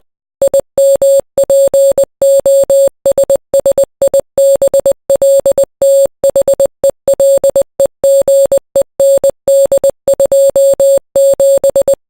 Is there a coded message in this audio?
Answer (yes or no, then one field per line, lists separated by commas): yes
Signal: Morse code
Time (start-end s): 0.4-11.9 s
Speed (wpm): 20 wpm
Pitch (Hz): 550 Hz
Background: none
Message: IMPOSSIBL THELEGEND27